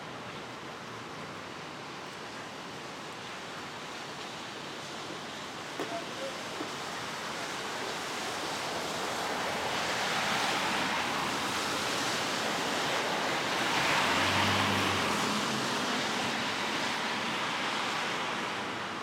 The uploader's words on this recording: Ext. Brooklyn. Rainy Day - Street - Light Traffic. Rainy Day - Street - Light Traffic by Bandeto.